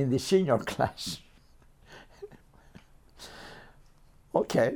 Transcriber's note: chuckles